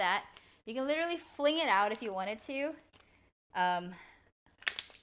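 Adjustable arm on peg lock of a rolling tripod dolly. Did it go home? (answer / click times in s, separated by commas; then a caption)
yes / 4.7 s, 4.8 s. Someone talks while an adjustable arm on a rolling tripod dolly is pulled out. Sharp clicks at 4.7 s and 4.8 s mark the arm snapping onto its small silver locking pegs and locking in place.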